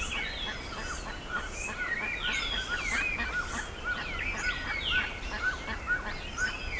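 Many birds calling together, with busy rapid chirps and twittering notes stacked over one another throughout, against a constant noisy background.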